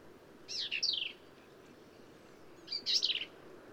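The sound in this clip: Black-capped vireo song: two quick, harsh phrases of slurred, downward-sweeping notes about two seconds apart.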